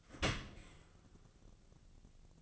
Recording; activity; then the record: daily activity, microphone in the room; open dishwasher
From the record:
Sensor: 4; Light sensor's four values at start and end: 11/26/11/11 and 11/26/11/11